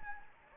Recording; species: mosquito wingbeat signal from an infrared sensor; Anopheles gambiae